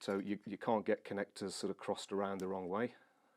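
The column wiring connector of a cross trainer is handled next to its mating socket on the frame while the column is being fitted, as someone talks throughout. Nothing has seated or clicked yet; the connector is not yet home.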